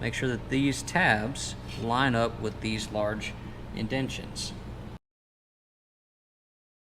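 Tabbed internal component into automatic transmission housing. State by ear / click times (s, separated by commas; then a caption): not seated / none. Someone talks while lining up the tabs of an internal component with the large indentations in a 4L60E automatic transmission housing before pressing it down. There is only quiet handling with no hits, then silence from about 5 s. Nothing has seated or clicked yet.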